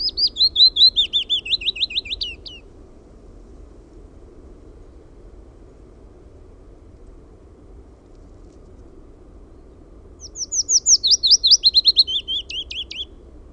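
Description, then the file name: Willow warbler song: two sweet, descending phrases of soft whistled notes, each about two and a half seconds long, separated by roughly eight seconds of quiet with low background hum. "PAJULINTU"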